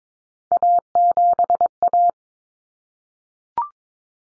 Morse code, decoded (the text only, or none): A7A